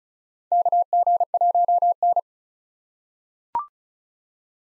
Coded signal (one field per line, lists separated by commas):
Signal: Morse code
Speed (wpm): 36 wpm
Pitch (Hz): 700 Hz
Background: none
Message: KG1N